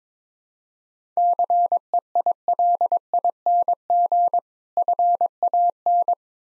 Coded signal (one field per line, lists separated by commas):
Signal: Morse code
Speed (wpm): 22 wpm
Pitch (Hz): 700 Hz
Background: none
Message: CEILING FAN